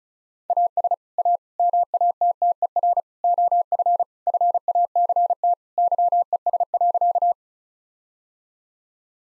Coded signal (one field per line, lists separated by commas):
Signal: Morse code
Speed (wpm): 36 wpm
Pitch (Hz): 700 Hz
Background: none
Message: AS A MATTER OF FACT YES.